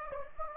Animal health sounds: mosquito wingbeat signal from an infrared sensor; Anopheles gambiae

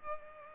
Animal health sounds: mosquito wingbeat signal from an infrared sensor; Culex pipiens

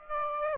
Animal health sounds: mosquito wingbeat signal from an infrared sensor; Aedes aegypti

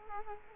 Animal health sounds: mosquito wingbeat signal from an infrared sensor; Culex quinquefasciatus

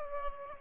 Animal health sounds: mosquito wingbeat signal from an infrared sensor; Aedes aegypti

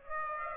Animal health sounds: mosquito wingbeat signal from an infrared sensor; Aedes aegypti

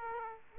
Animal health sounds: mosquito wingbeat signal from an infrared sensor; Aedes aegypti

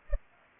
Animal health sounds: mosquito wingbeat signal from an infrared sensor; Culex pipiens

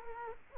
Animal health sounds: mosquito wingbeat signal from an infrared sensor; Culex quinquefasciatus

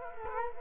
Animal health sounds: mosquito wingbeat signal from an infrared sensor; Culex quinquefasciatus

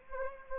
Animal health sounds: mosquito wingbeat signal from an infrared sensor; Anopheles arabiensis

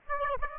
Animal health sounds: mosquito wingbeat signal from an infrared sensor; Aedes aegypti

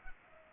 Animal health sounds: mosquito wingbeat signal from an infrared sensor; Culex pipiens

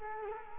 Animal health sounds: mosquito wingbeat signal from an infrared sensor; Culex quinquefasciatus

